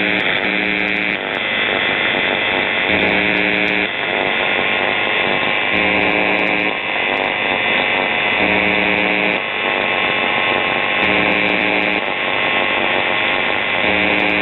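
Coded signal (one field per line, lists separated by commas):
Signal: channel marker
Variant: UVB-76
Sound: harsh low buzz about a second long, repeating roughly every two seconds, seven times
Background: radio static and hum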